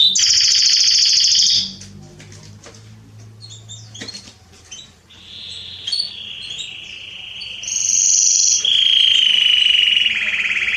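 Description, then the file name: Canary song with a loud high trill, a quieter stretch of scattered chirps, then sustained whistled rolls stepping between pitches. "Canary Voice"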